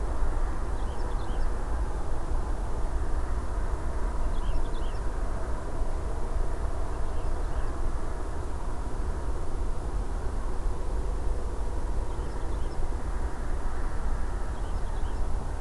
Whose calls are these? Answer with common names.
Wood Lark